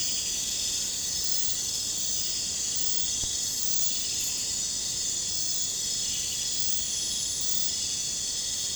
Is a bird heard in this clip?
no